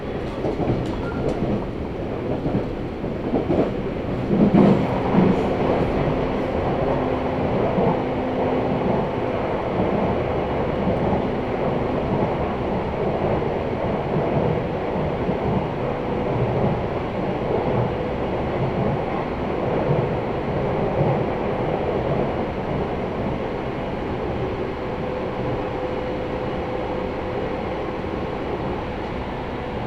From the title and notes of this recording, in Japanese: 音の旅 佐世保線 有田→北方。普通列車鳥栖行きに乗車します。